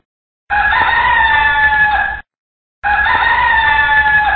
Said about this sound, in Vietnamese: Tiếng gà rừng gáy buộc bọn quỷ phải ngừng cuộc vui.